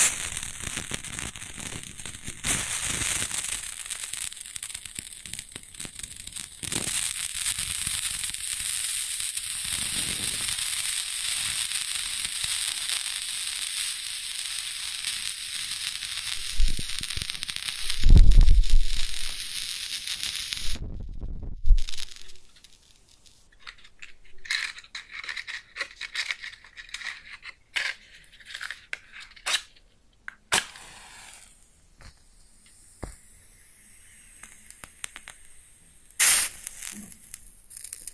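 A match is struck and burns, starting with a bright steady hiss and fizz packed with fine crackles for about twenty seconds. A louder flare and thump come near eighteen seconds, then the sizzle cuts off and only sparse, scattered pops and ticks remain.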